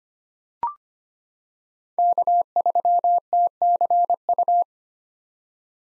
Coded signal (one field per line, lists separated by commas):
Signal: Morse code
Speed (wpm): 25 wpm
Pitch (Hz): 700 Hz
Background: none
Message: K3TCU